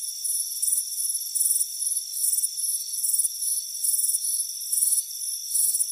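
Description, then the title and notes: Crickets chirping in short high pulsed bursts, roughly one or two per second, over a steady high-pitched ringing drone. Crickets chirping on a warm afternoon, heard from a front porch. "Soothing Crickets Chirping Sound. It's a warm afternoon as you relax in a hammock on the front porch. Relax and fall asleep to the soothing sound of chirping crickets"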